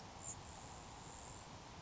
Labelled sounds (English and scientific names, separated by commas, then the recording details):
Grasshopper Sparrow (Ammodramus savannarum)
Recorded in Sonoma County, California